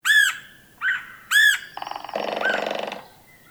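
Red-headed woodpecker calls: three harsh, arched, nasal notes, then a rapid rolling chatter of repeated notes lasting over a second.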